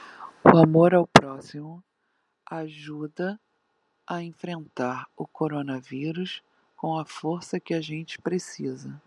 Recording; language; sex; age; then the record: spoken sentence; Brazilian Portuguese; female; 50 to 59 years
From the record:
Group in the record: control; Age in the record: 56 years